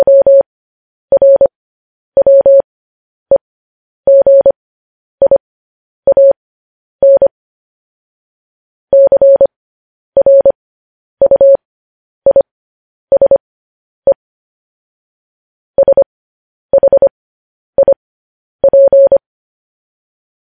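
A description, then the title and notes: Morse code tapped out as a clean single tone of around 600 Hz, short dots and longer dashes grouped into letters with brief gaps between them. Two longer pauses, near eight and fifteen seconds, break it into words. The background is completely silent. Morse code.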